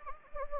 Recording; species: mosquito wingbeat signal from an infrared sensor; Anopheles gambiae